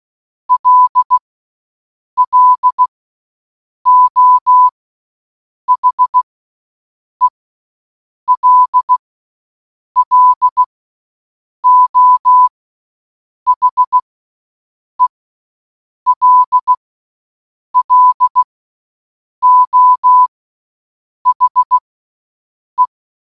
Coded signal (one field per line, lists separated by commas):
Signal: Morse code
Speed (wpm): 16 wpm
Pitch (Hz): 1000 Hz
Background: none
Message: LLO HELLO HELLO HE